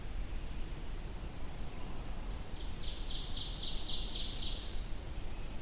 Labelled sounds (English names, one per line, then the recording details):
Ovenbird song
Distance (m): 60 m
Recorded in boreal forest in Alberta, Canada, on 23 June 2016 at 07:02
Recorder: SongMeter 3, array SBT-6-76
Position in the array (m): 12 m, 98 m
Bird 2